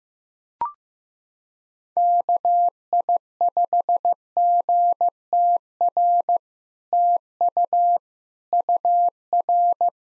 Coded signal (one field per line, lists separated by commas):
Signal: Morse code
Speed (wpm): 15 wpm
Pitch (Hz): 700 Hz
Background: none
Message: KI5GTR TU UR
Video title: POTA QSO Practice - 15wpm